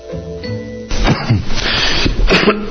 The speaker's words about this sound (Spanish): Ay, ni modo, me abriste el micrófono en plena tos.